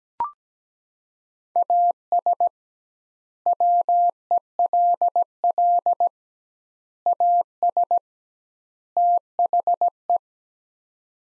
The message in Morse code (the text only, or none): AS WELL AS THE